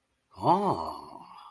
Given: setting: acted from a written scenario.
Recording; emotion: vocal sound without words; awe